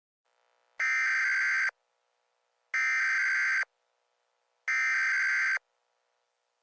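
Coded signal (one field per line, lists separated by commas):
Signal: Emergency Alert System (SAME) tones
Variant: header bursts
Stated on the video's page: Fictional EAS scenario.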